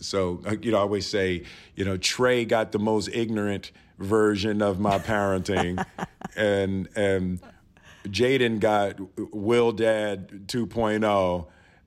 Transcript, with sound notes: so - you know, I always say, you know, Trey got the most ignorant version of my parenting...
(Laughter).
...And Jaden got Will Dad 2.0,